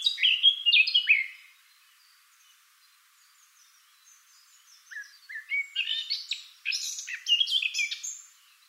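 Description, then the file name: Eurasian blackcap song: a loud warbled opening phrase, a few seconds of near silence, then a long, lively warble of varied notes. "Sylvia atricapilla"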